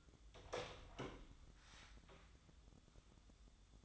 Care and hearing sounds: daily activity, microphone in the room; open door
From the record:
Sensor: 3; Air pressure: 1004.9 hPa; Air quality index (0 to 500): 77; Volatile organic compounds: 2 ppm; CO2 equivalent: 1164 ppm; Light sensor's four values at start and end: 8/19/7/7 and 8/19/7/7

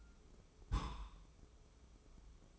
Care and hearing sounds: daily activity, microphone in the room; place on stove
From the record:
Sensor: 1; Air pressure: 995.4 hPa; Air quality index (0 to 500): 29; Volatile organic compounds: 1 ppm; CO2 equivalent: 546 ppm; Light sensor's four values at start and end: 29/102/39/40 and 29/102/39/40

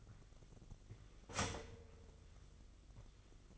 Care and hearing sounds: daily activity, microphone in the room; start toaster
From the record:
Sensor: 4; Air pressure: 1002.8 hPa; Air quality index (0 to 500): 234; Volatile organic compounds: 16 ppm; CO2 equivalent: 2542 ppm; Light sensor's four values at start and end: 21/74/27/27 and 20/69/26/25

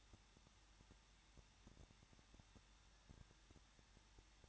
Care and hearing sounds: daily activity, microphone in the room; no activity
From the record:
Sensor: 3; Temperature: 21.2 degrees Celsius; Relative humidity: 36.3%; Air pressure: 1006.3 hPa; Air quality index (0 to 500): 222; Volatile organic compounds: 41 ppm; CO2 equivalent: 3165 ppm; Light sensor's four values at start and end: 2/3/2/2 and 2/3/2/2

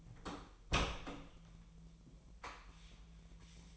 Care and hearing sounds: daily activity, microphone in the room; open door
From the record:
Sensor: 1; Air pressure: 1001.4 hPa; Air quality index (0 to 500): 249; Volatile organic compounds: 133 ppm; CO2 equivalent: 3943 ppm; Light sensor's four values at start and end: 11/26/11/12 and 12/29/12/13

